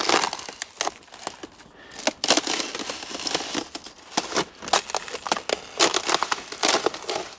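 Footsteps crunch and crack through thin ice, an irregular run of sharp, brittle snaps and splintering crackles, fairly loud, with no talking.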